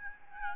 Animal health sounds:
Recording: mosquito wingbeat signal from an infrared sensor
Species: Aedes albopictus

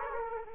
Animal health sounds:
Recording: mosquito wingbeat signal from an infrared sensor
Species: Aedes aegypti

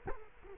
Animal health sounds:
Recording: mosquito wingbeat signal from an infrared sensor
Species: Culex quinquefasciatus

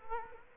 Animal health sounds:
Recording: mosquito wingbeat signal from an infrared sensor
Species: Culex quinquefasciatus

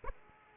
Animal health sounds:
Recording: mosquito wingbeat signal from an infrared sensor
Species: Aedes aegypti

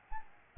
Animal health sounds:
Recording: mosquito wingbeat signal from an infrared sensor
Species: Aedes albopictus

